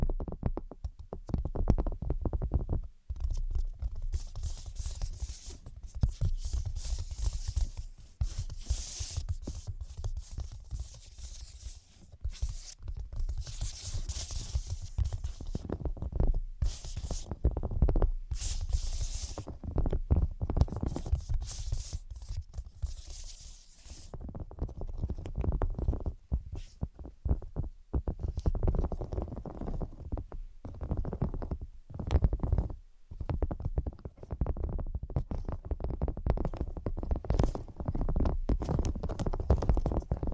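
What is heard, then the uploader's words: Tapping in 3D plays as a busy run of soft taps and scratchy rubbing, with deep thumps and hissy bursts coming and going throughout. Brain Penetrating 3D Tapping.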